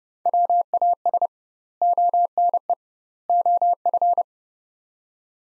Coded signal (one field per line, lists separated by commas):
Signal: Morse code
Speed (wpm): 32 wpm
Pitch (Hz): 700 Hz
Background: none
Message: WAS ONE OF